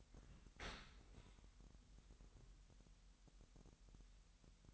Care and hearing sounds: daily activity, microphone in the room; open dishwasher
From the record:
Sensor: 3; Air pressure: 998.2 hPa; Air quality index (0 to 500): 151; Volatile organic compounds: 5 ppm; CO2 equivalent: 1803 ppm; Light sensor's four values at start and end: 13/38/15/14 and 13/38/15/14

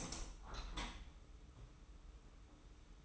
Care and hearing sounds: daily activity, microphone in the room; open window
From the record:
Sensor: 1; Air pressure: 991.3 hPa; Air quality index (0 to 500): 100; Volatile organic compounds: 59 ppm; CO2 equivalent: 3407 ppm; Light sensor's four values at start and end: 36/115/45/46 and 37/115/45/47

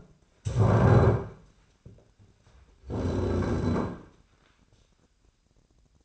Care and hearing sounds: daily activity, microphone in the room; stand up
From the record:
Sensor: 2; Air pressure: 1009.1 hPa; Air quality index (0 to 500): 168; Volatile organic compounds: 2 ppm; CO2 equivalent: 1228 ppm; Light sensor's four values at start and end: 41/111/46/51 and 42/113/47/53

